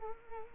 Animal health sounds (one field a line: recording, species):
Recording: mosquito wingbeat signal from an infrared sensor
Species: Culex quinquefasciatus